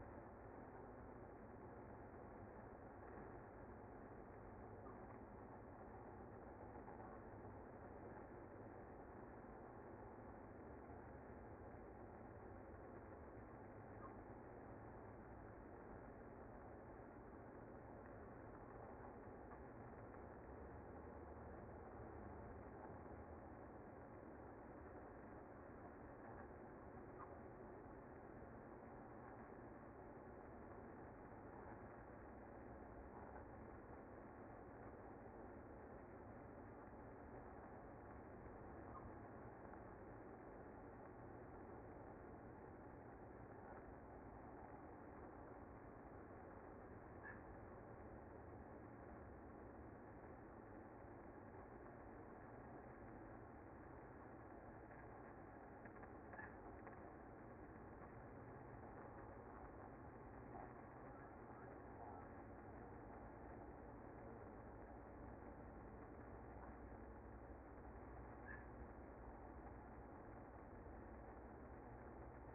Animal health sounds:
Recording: honeybee colony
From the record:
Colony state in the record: active

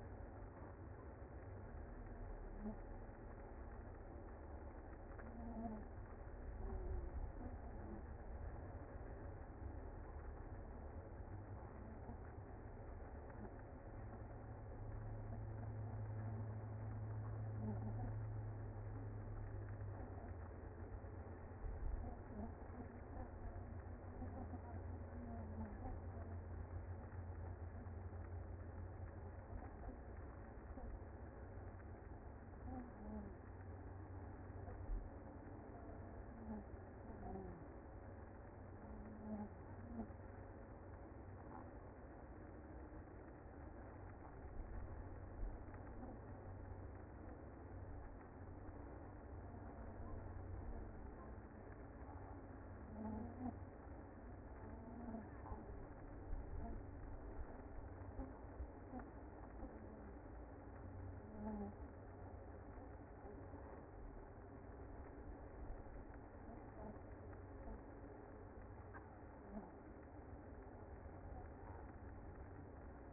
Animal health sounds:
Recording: honeybee colony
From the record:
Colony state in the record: active

